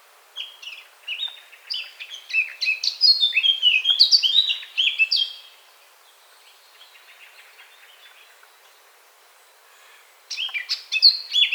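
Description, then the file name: Eurasian blackcap song: a rich warbled phrase of varied fluty and scratchy notes building to a louder flourish over about five seconds, a quiet gap of about five seconds, then a new phrase beginning. "Sylvia atricapilla"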